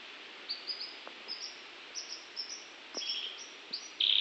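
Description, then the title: Norwich canary: short high chirps scattered through, ending in a sudden loud burst. "kenari norwich"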